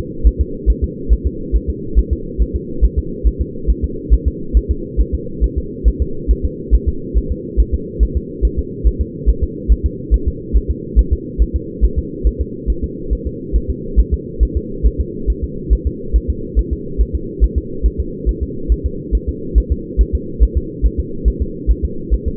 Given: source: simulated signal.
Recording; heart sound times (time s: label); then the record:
fetal heart sounds
0.27 s: S1
0.41 s: S2
0.70 s: S1
0.84 s: S2
1.13 s: S1
1.27 s: S2
1.56 s: S1
1.70 s: S2
1.99 s: S1
2.13 s: S2
2.42 s: S1
2.56 s: S2
2.84 s: S1
2.99 s: S2
3.27 s: S1
3.41 s: S2
3.70 s: S1
3.84 s: S2
4.14 s: S1
4.28 s: S2
4.57 s: S1
4.71 s: S2
5.00 s: S1
5.15 s: S2
5.44 s: S1
5.58 s: S2
5.88 s: S1
6.02 s: S2
6.31 s: S1
6.45 s: S2
6.75 s: S1
6.89 s: S2
7.18 s: S1
7.32 s: S2
7.60 s: S1
7.74 s: S2
8.03 s: S1
8.17 s: S2
8.45 s: S1
8.59 s: S2
8.87 s: S1
9.01 s: S2
9.30 s: S1
9.44 s: S2
9.72 s: S1
9.86 s: S2
10.14 s: S1
10.28 s: S2
10.56 s: S1
10.71 s: S2
10.99 s: S1
11.13 s: S2
11.42 s: S1
11.56 s: S2
11.84 s: S1
11.99 s: S2
12.27 s: S1
12.41 s: S2
12.70 s: S1
12.84 s: S2
13.13 s: S1
13.27 s: S2
13.56 s: S1
13.70 s: S2
14.00 s: S1
14.14 s: S2
14.43 s: S1
14.57 s: S2
14.87 s: S1
15.00 s: S2
15.30 s: S1
15.44 s: S2
15.73 s: S1
15.87 s: S2
16.16 s: S1
16.30 s: S2
16.59 s: S1
16.73 s: S2
17.01 s: S1
17.15 s: S2
17.44 s: S1
17.58 s: S2
17.86 s: S1
18.00 s: S2
18.29 s: S1
18.43 s: S2
18.72 s: S1
18.86 s: S2
19.15 s: S1
19.29 s: S2
19.58 s: S1
19.72 s: S2
20.01 s: S1
20.15 s: S2
20.43 s: S1
20.57 s: S2
20.86 s: S1
21.00 s: S2
21.28 s: S1
21.42 s: S2
21.71 s: S1
21.85 s: S2
22.14 s: S1
22.28 s: S2
From the record:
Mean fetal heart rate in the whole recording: 140 bpm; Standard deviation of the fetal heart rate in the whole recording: 2 bpm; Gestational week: 34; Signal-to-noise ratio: -4.3 dB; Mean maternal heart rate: 72 bpm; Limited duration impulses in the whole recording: absent